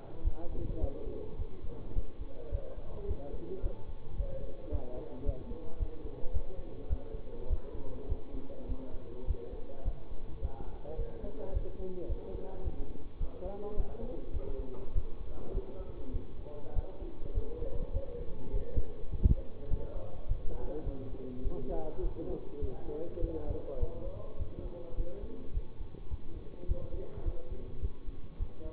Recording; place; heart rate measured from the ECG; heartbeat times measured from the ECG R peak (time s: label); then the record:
heart sounds by stethoscope; between the tricuspid and mitral areas; 104 bpm
0.22 s: heartbeat
0.79 s: heartbeat
1.36 s: heartbeat
1.93 s: heartbeat
2.49 s: heartbeat
3.06 s: heartbeat
3.61 s: heartbeat
4.15 s: heartbeat
4.70 s: heartbeat
5.24 s: heartbeat
5.77 s: heartbeat
6.31 s: heartbeat
6.87 s: heartbeat
7.47 s: heartbeat
8.07 s: heartbeat
8.66 s: heartbeat
9.25 s: heartbeat
9.83 s: heartbeat
10.39 s: heartbeat
10.96 s: heartbeat
11.51 s: heartbeat
12.07 s: heartbeat
12.62 s: heartbeat
13.18 s: heartbeat
13.75 s: heartbeat
14.31 s: heartbeat
14.93 s: heartbeat
15.52 s: heartbeat
16.11 s: heartbeat
16.73 s: heartbeat
17.33 s: heartbeat
17.91 s: heartbeat
18.51 s: heartbeat
19.10 s: heartbeat
19.68 s: heartbeat
20.26 s: heartbeat
20.84 s: heartbeat
21.42 s: heartbeat
22.01 s: heartbeat
22.59 s: heartbeat
23.19 s: heartbeat
23.78 s: heartbeat
24.37 s: heartbeat
24.95 s: heartbeat
25.52 s: heartbeat
26.08 s: heartbeat
26.66 s: heartbeat
27.23 s: heartbeat
27.80 s: heartbeat
28.37 s: heartbeat
From the record:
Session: bicycle stress test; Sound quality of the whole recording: good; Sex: male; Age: 24 years